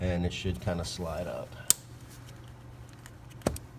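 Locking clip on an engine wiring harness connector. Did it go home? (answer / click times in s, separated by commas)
released / 1.7 s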